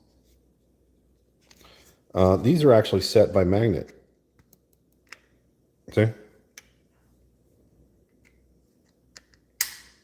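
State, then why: Seated. Someone talks, then small drill bits from an Arrowmax drill and engraver kit (AM-230876 and AM-199214-B) are pressed into their slots in the storage holder. Sharp snaps are heard at 6.6, 9.2 and 9.6 seconds, the last the loudest, as the bits seat in place.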